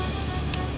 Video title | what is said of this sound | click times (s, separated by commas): RV&FJ S2E44 FJ Emission Issue! SAIS Bypass Kit !! | There it is, I heard a click. | 0.5 s